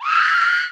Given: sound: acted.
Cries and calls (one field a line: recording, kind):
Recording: vocal sound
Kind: scream